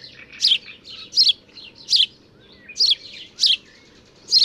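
House sparrow giving loud, slightly buzzy chirps at uneven intervals of roughly half a second to a second.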